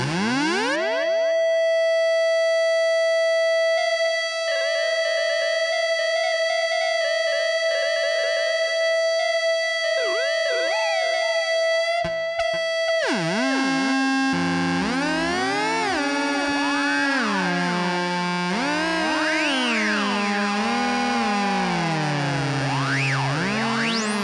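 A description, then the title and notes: Guitar pedals whine and oscillate through a delay, opening on a sustained tone near 650 that wobbles as knobs turn. Around twelve seconds it breaks into stuttering chirps, then lower stepped pitches with swooping, siren-like sweeps and dense echoing overtones, loud throughout. Guitar pedals performed live. Knob tweaking, self-oscillating filters, FM synthesis, and delay in glorious monophonic wav files. Moog MF-101 Lowpass Filter Moog MF-107 FreqBox Digitech RP-355 (reverb, delay, looping).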